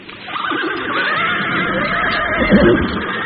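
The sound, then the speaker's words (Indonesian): A horse whinnies in one long, shrill call whose pitch wavers and trembles for about three seconds. The sound is loud and steady, with no voices. “Sebentar kemudian, mereka sudah duduk di atas punggung kuda masing-masing.”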